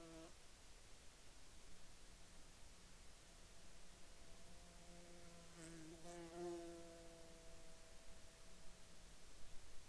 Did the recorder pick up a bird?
no